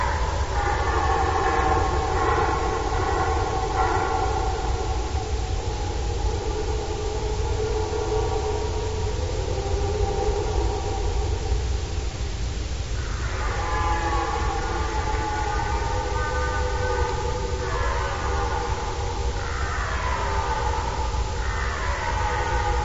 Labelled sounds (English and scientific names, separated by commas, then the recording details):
Red Deer (Cervus elaphus)
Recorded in the wild
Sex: male
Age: adult
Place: Groß Schönebeck, Schorfheide, Brandenburg, DE
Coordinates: 52.9342, 13.5325
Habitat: coniferous forest
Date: 1996-09-23 20:55
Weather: ca. 10°C, light winds
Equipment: Sony TCD-D3, Sennheiser MKH 70, Windkorb
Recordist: Frommolt, Karl-Heinz